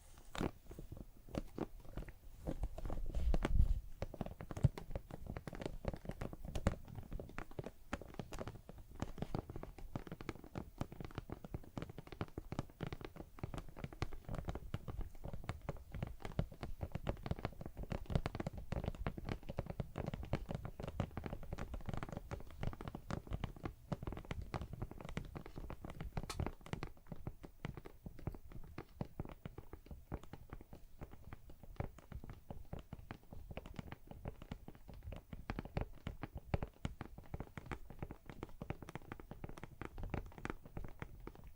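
A neck and shoulders massage with dense, continuous rubbing and soft tapping, steady throughout, slightly quieter and duller after the midpoint.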